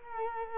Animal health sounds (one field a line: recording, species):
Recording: mosquito wingbeat signal from an infrared sensor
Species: Culex quinquefasciatus